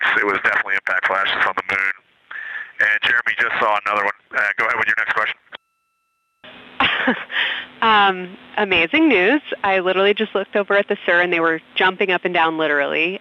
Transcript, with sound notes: It was definitely impact flashes on the Moon. And Jeremy just saw another one. Go ahead with your next question.
(Laughs) Amazing news. I literally just looked over at the SER, and they were jumping up and down, literally.